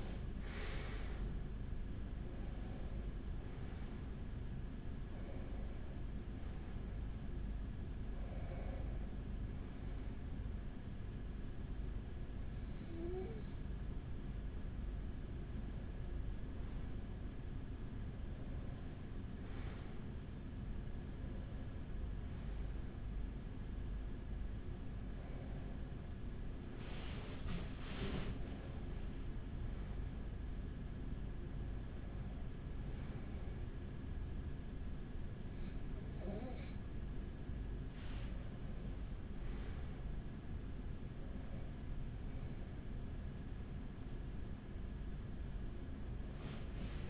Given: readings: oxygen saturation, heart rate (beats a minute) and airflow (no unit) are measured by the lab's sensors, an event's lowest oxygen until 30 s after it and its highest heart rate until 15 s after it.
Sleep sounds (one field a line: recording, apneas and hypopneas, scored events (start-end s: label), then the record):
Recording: breathing in sleep by a smartphone at the bedside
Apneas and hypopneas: 1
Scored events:
12.00-38.50 s: hypopnea (N1, oxygen 96% highest, then 94% lowest, heart rate 59 at the start, 59 highest)
From the record:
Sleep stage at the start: N1 (lightest sleep)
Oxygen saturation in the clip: 93 to 96%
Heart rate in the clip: 47 to 79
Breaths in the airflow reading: 14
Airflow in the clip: -9.3 to 9.3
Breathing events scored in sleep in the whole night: 207 in 7.6 hours asleep